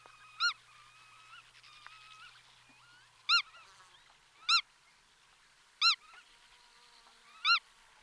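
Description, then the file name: Black-tailed godwit calls, five sharp, nasal, arched notes given singly at irregular intervals of one to three seconds, with faint twittering of other birds behind. "nagy goda hangja"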